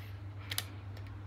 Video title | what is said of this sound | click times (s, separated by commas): Daily Vlog 57: New Leash for TimTim - Cute Shih tzu puppy @Inseparable__hearts | देखो lock हो गया ये। | 0.5 s, 0.6 s